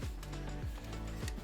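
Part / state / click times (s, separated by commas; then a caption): ethanol sensor wire connector onto mating plug / not seated / none. An ethanol sensor wire with a plastic connector on a Suzuki S-Cross E85 kit is handled as it is routed toward its mating plug. Music plays under a brief clatter near 0.2 s and a sharp hit at about 1.3 s. Nothing has seated or clicked yet.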